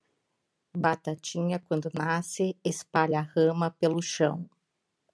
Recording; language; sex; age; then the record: short text; Brazilian Portuguese; female; 50 to 59 years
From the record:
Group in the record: control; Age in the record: 56 years